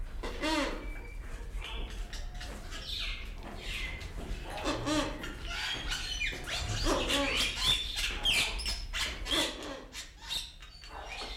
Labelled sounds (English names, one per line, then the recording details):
Wreathed Hornbill call
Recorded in captivity
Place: Zoo Berlin, Berlin, DE
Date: 1995-02-04 10:58
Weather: bedeckt, 4°C, Wind
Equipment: Marantz CP 430, Sennheiser ME 80, Kopie Uher Variocord 263
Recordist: Tembrock, Günter